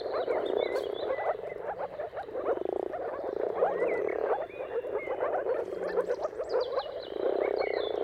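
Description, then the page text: Moor frog mating chorus: dense, bubbling low calls from many frogs run almost without pause, with brief lulls, while birds sing and chirp high above. Chorus of many moor frogs giving mating calls at sunrise, turn of March and April, timing depending on weather. "Jakub-Orzecki moor frogs. Dawn’s Chorus: Mating Calls of Marsh Frogs at Sunrise. Depending on the weather at the turn of March and April, you can witness an amazing spectacle of moor frogs"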